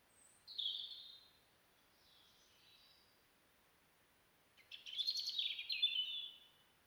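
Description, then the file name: European robin song, two separate high warbled phrases several seconds apart, each a short burst of sliding, tinkling notes, with a faint softer phrase between them. "Erithacus rubecula"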